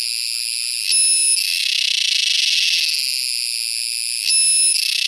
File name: Purana sagittata